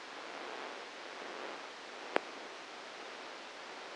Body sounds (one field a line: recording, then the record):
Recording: brain microelectrode recording played as sound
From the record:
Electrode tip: inside the subthalamic nucleus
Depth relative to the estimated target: 2 mm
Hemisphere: right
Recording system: NeuroSet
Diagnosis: Parkinson's disease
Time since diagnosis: 8 years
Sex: male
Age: 59 years